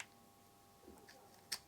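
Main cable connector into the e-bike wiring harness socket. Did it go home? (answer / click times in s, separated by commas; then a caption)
no / none. The main plastic wiring connector is handled at its socket on the handlebar/display harness of a Trek Rail 5 e-bike, just before being pushed in. Faint handling rustles sit over a steady low hum, with a sharp brief tick at about 1.5 s. Nothing has seated or clicked yet.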